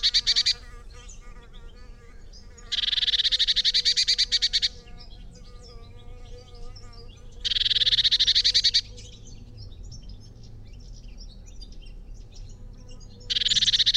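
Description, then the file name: Eurasian blue tit giving four harsh, buzzy churring bursts separated by quiet gaps, the first and last cut off at the edges. "Cyanistes caeruleus"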